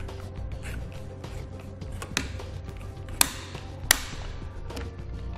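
The included torque-limiting tool tightens the Allen bolt on a Yakima roof rack tower being installed on a 2012 Toyota 4Runner, with a steady low hum underneath and a few faint ticks as it turns. Two sharp clicks ring out at 3.2 s and 3.9 s, showing the tool has clicked at its setting and the bolt is torqued down.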